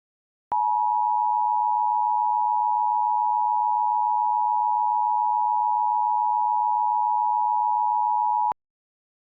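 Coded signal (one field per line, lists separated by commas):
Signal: Emergency Alert System (SAME) tones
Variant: 853 and 960 Hz attention tone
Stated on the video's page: Mock severe thunderstorm warning made with Audacity using an EAS DASDEC screen and Comcast/Xfinity load screen.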